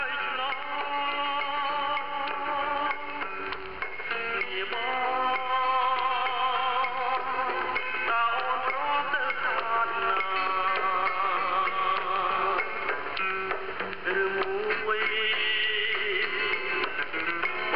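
A man sings with a Cambodian ensemble over shortwave radio, a steady, muffled, mid-range sound with wavering notes and no deep bass.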